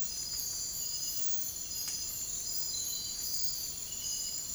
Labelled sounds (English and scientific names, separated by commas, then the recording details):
none
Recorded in dense forest near Puerto Asís, Putumayo, Colombia, on 23 June 2025 at 04:30
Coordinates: 0.503, -76.323
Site G059